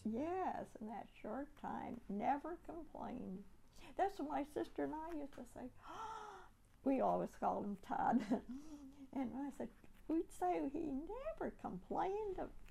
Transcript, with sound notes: Yes, in that short time. Never complained. That's what my sister and I used to say. [Deep sigh] We always called him Tad. [Laughs] And when I said -- we'd say -- he never complained.